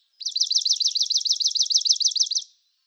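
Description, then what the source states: Swamp Sparrow song: a steady, even trill of many quick repeated high notes lasting just over two seconds. Chocolate brown atop the wings.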